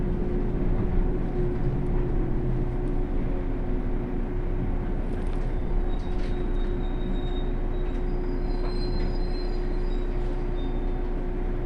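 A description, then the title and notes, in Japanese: A local train on the Kosei Line, a Series 117, rumbles steadily from Kyoto toward Ono, with a dense low roar and a constant hum tone throughout. From about five seconds on, faint high squeals and whines from the wheels come and go over the drone. 湖西線普通 京都→小野 117系。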